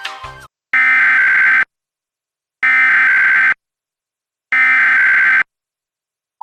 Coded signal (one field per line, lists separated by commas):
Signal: Emergency Alert System (SAME) tones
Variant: header bursts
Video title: EAS Reenactment Mock: Alaska Required Monthly Test - 03/04/2020